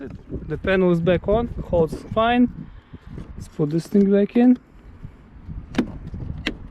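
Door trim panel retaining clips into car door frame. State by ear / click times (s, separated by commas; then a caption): seated / 5.8 s, 6.5 s. A plastic front door trim panel on a 2013–2018 Hyundai Santa Fe is pushed back onto the door so its retaining clips snap into the metal door frame. Someone talks over low background noise, then two sharp clicks are heard at 5.8 s and 6.5 s as the clips seat. The clips are confirmed clicked in.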